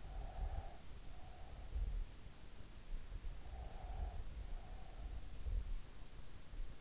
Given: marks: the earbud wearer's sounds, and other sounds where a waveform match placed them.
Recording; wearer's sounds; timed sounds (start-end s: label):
sounds in sleep by an in-ear microphone; breath
0.13-2.14 s: breath
3.44-5.66 s: breath